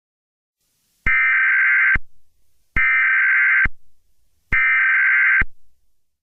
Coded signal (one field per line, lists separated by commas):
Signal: Emergency Alert System (SAME) tones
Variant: header bursts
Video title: EAS Scenario: The Super Hurricane Alberto